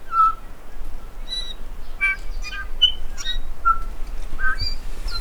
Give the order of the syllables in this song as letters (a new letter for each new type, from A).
A B C D E F A G H